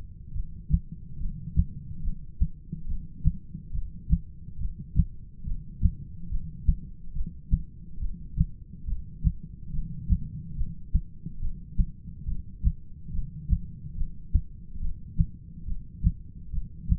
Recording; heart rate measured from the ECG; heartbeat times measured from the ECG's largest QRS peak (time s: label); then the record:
heart sounds by stethoscope; 70 bpm
0.35 s: heartbeat
1.20 s: heartbeat
2.04 s: heartbeat
2.88 s: heartbeat
3.74 s: heartbeat
4.60 s: heartbeat
5.46 s: heartbeat
6.31 s: heartbeat
7.15 s: heartbeat
8.01 s: heartbeat
8.87 s: heartbeat
9.73 s: heartbeat
10.57 s: heartbeat
11.41 s: heartbeat
12.27 s: heartbeat
13.13 s: heartbeat
13.97 s: heartbeat
14.81 s: heartbeat
15.67 s: heartbeat
16.52 s: heartbeat
From the record:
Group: heart failure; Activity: rest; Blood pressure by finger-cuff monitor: 127/89 mmHg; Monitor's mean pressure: 103 mmHg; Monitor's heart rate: 71 bpm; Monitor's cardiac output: 6.8 L/min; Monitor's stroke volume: 97 mL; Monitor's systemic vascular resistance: 1120 dyn s/cm5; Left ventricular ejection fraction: 25%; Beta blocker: metoprolol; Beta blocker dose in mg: 62.5 twice daily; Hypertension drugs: ramipril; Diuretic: furosemide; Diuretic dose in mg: 40 twice daily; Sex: male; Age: 57 years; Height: 180 cm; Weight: 90.5 kg